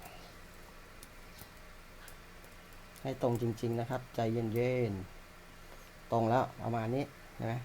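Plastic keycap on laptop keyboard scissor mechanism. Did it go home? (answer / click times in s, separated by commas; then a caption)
no / none. A plastic keycap is held and carefully lined up over its socket on a laptop keyboard's scissor mechanism before being pressed down, kept truly straight and handled slowly. Faint ticks come at about 1.0 and 1.4 s, and someone talks from about 3 s onward. The keycap has not been pressed or clicked into place yet.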